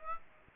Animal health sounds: mosquito wingbeat signal from an infrared sensor; Aedes aegypti

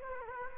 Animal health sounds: mosquito wingbeat signal from an infrared sensor; Culex quinquefasciatus

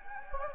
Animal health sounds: mosquito wingbeat signal from an infrared sensor; Anopheles gambiae

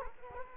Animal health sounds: mosquito wingbeat signal from an infrared sensor; Culex quinquefasciatus

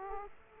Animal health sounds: mosquito wingbeat signal from an infrared sensor; Aedes aegypti

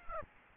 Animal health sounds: mosquito wingbeat signal from an infrared sensor; Aedes albopictus

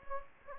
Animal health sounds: mosquito wingbeat signal from an infrared sensor; Anopheles gambiae

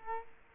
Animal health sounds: mosquito wingbeat signal from an infrared sensor; Culex quinquefasciatus

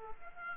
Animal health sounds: mosquito wingbeat signal from an infrared sensor; Aedes aegypti

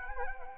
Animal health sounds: mosquito wingbeat signal from an infrared sensor; Anopheles arabiensis

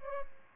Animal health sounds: mosquito wingbeat signal from an infrared sensor; Aedes albopictus

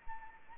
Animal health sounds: mosquito wingbeat signal from an infrared sensor; Anopheles arabiensis

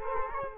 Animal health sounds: mosquito wingbeat signal from an infrared sensor; Culex quinquefasciatus

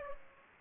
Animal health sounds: mosquito wingbeat signal from an infrared sensor; Aedes aegypti

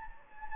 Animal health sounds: mosquito wingbeat signal from an infrared sensor; Anopheles gambiae

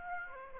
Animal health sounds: mosquito wingbeat signal from an infrared sensor; Aedes aegypti

